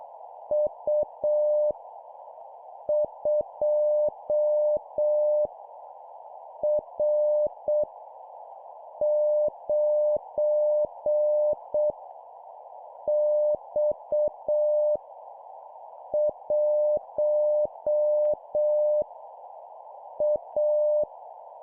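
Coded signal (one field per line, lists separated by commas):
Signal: Morse code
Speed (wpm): 6 wpm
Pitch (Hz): 600 Hz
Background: none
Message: U 2 R 9 X 1 A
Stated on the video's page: Morse code copy practice of random letters and numbers sent at 7 wpm.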